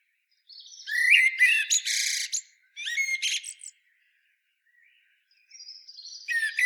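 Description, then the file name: Common blackbird phrases: a fluted note followed by scratchy high chatter, a pause, another short twittering burst, then a squeaky phrase building near the end. "Turdus merula"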